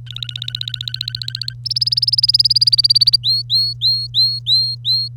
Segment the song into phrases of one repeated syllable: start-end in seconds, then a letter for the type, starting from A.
0.06-1.53 A, 1.65-3.16 B, 3.23-5.08 C